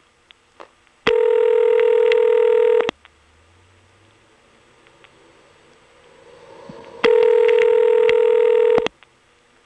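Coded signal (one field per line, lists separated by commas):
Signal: telephone call progress tone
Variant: North America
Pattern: ringback tone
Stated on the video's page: Step-by-step exchange in Belhaven, North Carolina, Carolina Telephone, 1977, recorded on a phone trip.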